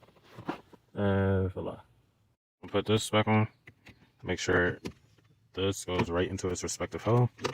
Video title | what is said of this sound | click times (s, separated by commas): Sending My SRS Module To MyAirbags To Get Reset | you here click | 0.5 s